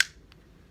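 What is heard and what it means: A protective cover is slowly pushed onto the tips of a pair of sharp serrated scissors and clicks into place at 0.0 s with a sharp, bright snap that quickly fades. A much fainter tick follows at 0.3 s, and the cover is confirmed to be on.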